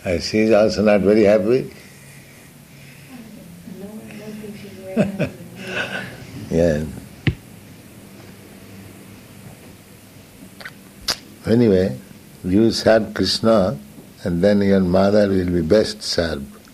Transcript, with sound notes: She's also not very happy?
No. I don't think she's very happy with me.
[laughs] Yes. Anyway, you serve Kṛṣṇa and then your mother will be best served.